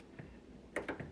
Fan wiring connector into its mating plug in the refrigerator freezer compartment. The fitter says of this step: it snaps in and